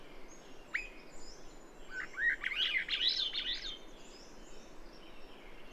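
Bird song: a rapid jumble of high twittering notes lasting about two seconds, preceded by a single sharp note, with faint whistles and background hiss.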